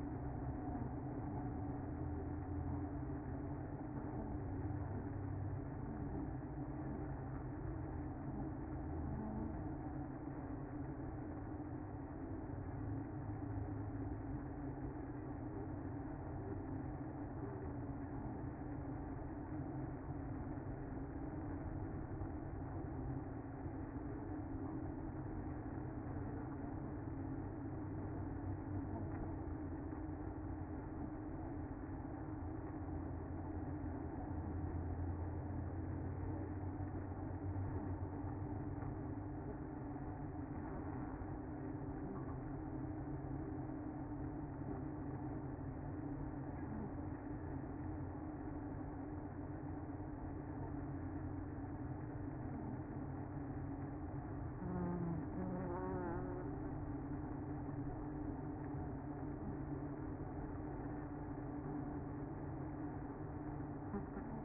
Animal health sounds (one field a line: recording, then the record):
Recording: honeybee colony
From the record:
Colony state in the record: active